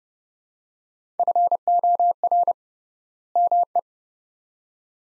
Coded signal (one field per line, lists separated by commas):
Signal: Morse code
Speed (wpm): 31 wpm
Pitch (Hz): 700 Hz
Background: none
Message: FOR ME